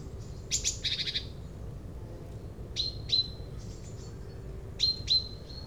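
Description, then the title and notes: Common Chaffinch with a brief rough chattering burst, followed by two pairs of sharp high call notes, set against a noticeable low rumbling background. Chaffinch on a hedgerow island among maize fields taller than people in Yenne, France; recorded with a stereo parabolic microphone and handheld recorder. "Champs de maïs - Yenne, France - ça pépiait dans les maïs. Au coeur de cette mer végétale nous trouvons refuge sur une île-bocage et pointons notre parabole sur un Pinson des arbres"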